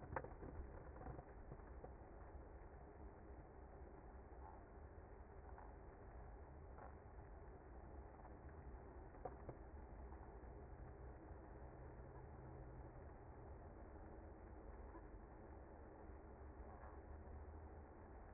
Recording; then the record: honeybee colony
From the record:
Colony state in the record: active